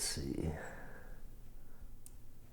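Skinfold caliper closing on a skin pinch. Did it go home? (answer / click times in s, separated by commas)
yes / 2.1 s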